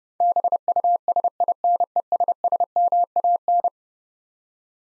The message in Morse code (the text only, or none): BUSINESSMAN